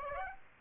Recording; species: mosquito wingbeat signal from an infrared sensor; Aedes aegypti